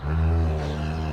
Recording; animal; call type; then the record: contact call of a hoofed animal; cattle; low-frequency (closed-mouth) or high-frequency (open-mouth) call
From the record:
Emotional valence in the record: negative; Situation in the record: full separation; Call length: 1.13 s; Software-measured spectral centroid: 1430 Hz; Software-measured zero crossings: 620 a second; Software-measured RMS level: -24 dBFS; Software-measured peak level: -14 dBFS